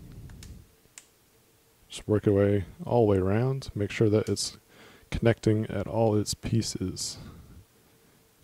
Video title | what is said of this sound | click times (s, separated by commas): HTC One M8 (2014) OtterBox Defender Series Case Review | You can hear the snaps going on. | 0.3 s, 0.4 s, 1.0 s